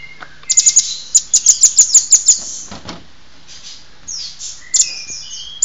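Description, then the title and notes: Songbird song: rapid bursts of high, sharp chips in a run, with scattered twittering phrases and pauses between. Used for training songbirds. "Master Burung Kicau. Masteran Burung Kicau Lengkap"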